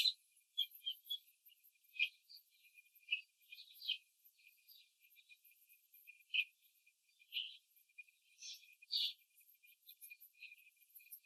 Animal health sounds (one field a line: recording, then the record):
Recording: young laying hens in a cage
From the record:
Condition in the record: control cage, before the stress test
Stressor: none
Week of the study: 4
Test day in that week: 3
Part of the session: 1